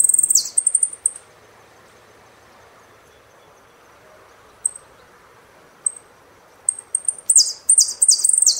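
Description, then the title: Saffron finch song: loud, high descending sweeps at the start, a few sharp high chirps in the middle, then a run of rapid sweeping notes near the end. "Jilguero Argentino"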